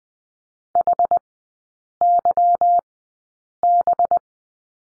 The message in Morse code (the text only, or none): HYB